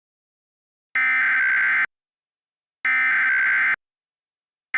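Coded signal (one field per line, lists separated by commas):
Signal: Emergency Alert System (SAME) tones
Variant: header bursts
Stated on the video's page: Reenactment of a flood scenario with valid tones, made with EAS simulator software and text-to-speech.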